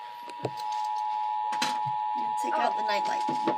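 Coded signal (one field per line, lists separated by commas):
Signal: Emergency Alert System (SAME) tones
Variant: 853 and 960 Hz attention tone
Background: speech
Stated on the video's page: Severe thunderstorm warning on AM/FM broadcast, the same alert also captured on NOAA Weather Radio.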